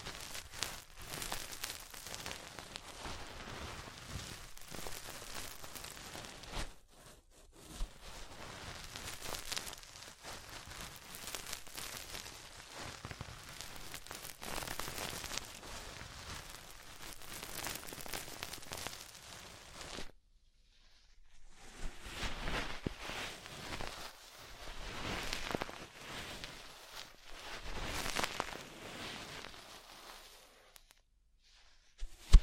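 ASMR ear cleaning: dense, crackly scratching and rustling that runs steadily, briefly dropping out near seven seconds and again around twenty.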